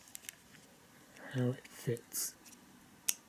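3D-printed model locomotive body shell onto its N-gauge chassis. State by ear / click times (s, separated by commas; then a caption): seated / 3.1 s. A 3D-printed plastic body shell for a 009 narrow-gauge model locomotive is pressed down onto its ready-made plastic N-gauge chassis while someone talks. A few faint ticks of handling come first, then a sharp, bright click at 3.1 s as the body clips into place and seats on the chassis.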